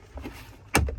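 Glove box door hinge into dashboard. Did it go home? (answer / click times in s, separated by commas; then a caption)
yes / 0.8 s. On a 2019+ Ram 1500, the plastic hinge on the right side of the glove box door is pressed into the dash while the door is reinstalled after a cabin air filter replacement. Faint handling taps are heard, then a sharp, loud click at 0.8 s with a short follow-up tap near 0.9 s. The hinge seats into place.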